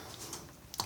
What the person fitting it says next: voilà tu as entendu ce clic clic